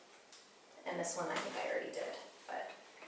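Someone talks while handling the foot brake pedal on a rear wheel of a black Valco Baby Snap4 lightweight stroller, about to step it down to lock the wheel so the stroller goes straight on rocky floors. Only the talking and faint handling noise are heard; the pedal has not clicked or locked yet.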